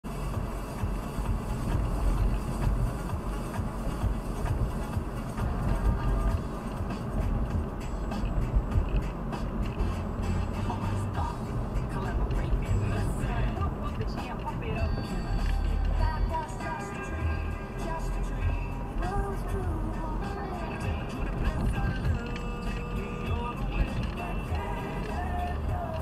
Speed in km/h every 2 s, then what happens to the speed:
56, 56, 56, 55, 55, 55, 54, 51, 52, 54, 56, 56, 55.
0-26 steady at about 55.